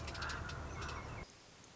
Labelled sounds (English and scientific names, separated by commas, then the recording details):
Common Raven (Corvus corax)
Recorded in Sonoma County, California